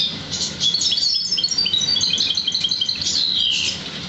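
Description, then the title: Oriental magpie-robin song, a dense stream of bright high chirps and whistles without pause, over a low background hiss. "Kicau Kacer"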